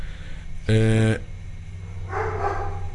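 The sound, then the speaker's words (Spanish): A dog lets out one loud, drawn-out bark with a strong tonal ring, then goes quiet before someone starts talking over a low background hum. “Es el perro Bermúdez opinando sobre el juego.”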